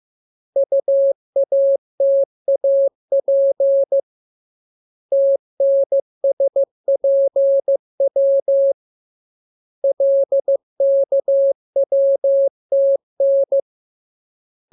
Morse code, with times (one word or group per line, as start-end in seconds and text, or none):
0.6-4.0 UATAP
5.1-8.7 TNSPW
9.8-13.6 LKWTN